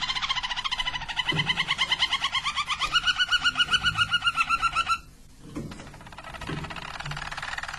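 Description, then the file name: Harz Roller canary song: rapid trilled phrases of repeated notes, then a smooth steady roll at a higher pitch, ending in a softer buzzy rolling passage. Harz Roller canary song, called the Belgian canary in the Portuguese source. "canto do canario belga harz roller"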